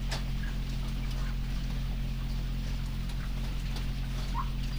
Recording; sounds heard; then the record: poultry house recording; sick chickens (respiratory disease)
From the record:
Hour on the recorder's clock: 20